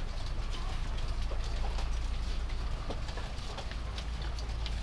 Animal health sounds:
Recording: poultry house recording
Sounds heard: sick chickens (respiratory disease)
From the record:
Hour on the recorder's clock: 2

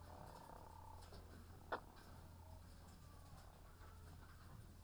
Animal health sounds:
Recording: poultry house recording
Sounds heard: sick chickens (respiratory disease)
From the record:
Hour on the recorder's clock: 18

